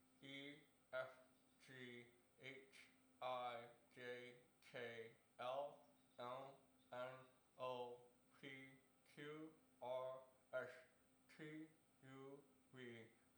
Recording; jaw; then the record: letters of the alphabet, spoken; constrained by a bite bar between the teeth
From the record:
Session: first day, right after the free take